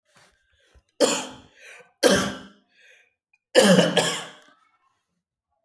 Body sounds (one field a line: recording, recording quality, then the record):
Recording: heavy voluntary cough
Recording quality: excellent, no background noise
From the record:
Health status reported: healthy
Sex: male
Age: 38 years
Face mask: not worn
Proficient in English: yes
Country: India